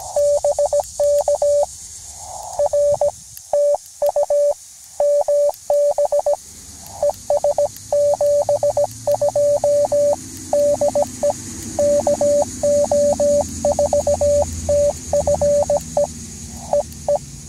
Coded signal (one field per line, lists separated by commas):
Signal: Morse code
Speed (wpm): 17 wpm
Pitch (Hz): 580 Hz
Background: radio noise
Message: BK R TU MB ES72 DE KO4TFE EE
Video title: CW QRP POTA | Redemption after first failed activation?!? #cw #qrp #hamradio